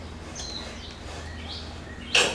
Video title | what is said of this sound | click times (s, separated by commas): How to use a compound mitre saw: introduction | and then I think at 45 it snaps too | 2.1 s